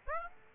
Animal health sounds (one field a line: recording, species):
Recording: mosquito wingbeat signal from an infrared sensor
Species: Aedes aegypti